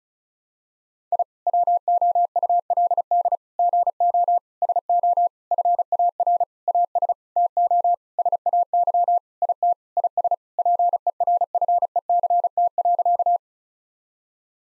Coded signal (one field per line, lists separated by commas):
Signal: Morse code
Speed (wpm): 36 wpm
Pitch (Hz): 700 Hz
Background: none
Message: I WOULD GO SO FAR AS TO SAY IT IS PERFECT.